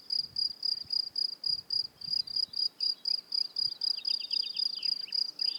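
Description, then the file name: Cricket song of rapid, even high-pitched chirps, about four a second, joined near the end by short sliding bird notes. "grillons"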